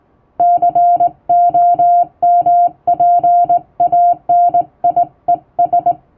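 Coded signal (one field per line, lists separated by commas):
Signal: Morse code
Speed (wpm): 20 wpm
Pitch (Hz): 700 Hz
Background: music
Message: COMPANIES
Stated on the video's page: Morse sent with a vertical straight key by a first-class radiotelegraph operator, practice text.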